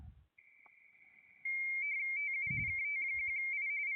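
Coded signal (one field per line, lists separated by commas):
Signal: RTTY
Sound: a steady high tone, then a fast warbling two-tone chatter near 2 kHz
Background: low thumps, faint room noise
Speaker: And he sends the thank you, so it's all good.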